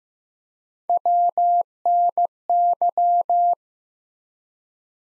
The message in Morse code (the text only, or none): WNY